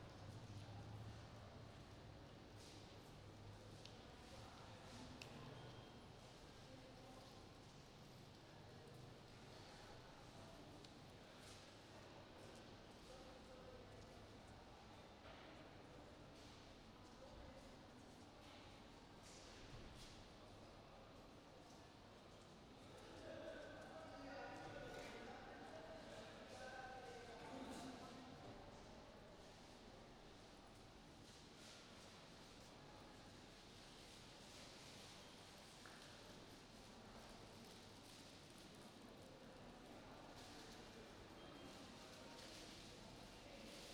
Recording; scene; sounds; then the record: everyday scene through a hearing-aid microphone; reverberant space; background noise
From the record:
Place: railway station hall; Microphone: in the ear canal, right